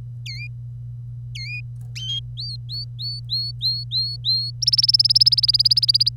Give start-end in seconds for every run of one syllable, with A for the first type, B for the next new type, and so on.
0.26-0.47 A, 1.35-1.60 A, 1.96-2.19 B, 2.37-4.50 C, 4.62-6.09 D